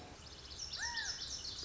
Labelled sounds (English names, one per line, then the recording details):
Lazuli Bunting
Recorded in Sonoma County, California